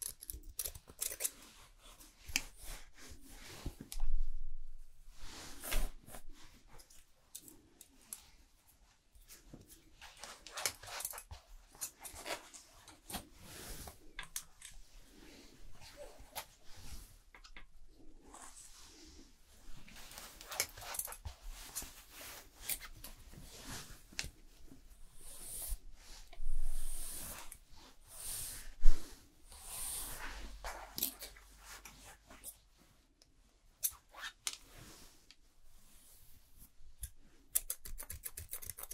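A fast haircut and styling session, with quick, irregular bursts of crisp snipping and rustling that cluster and pause throughout. Sharper, louder flurries come around 4–5 seconds and again near 26–29 seconds, with quieter gaps of near silence between.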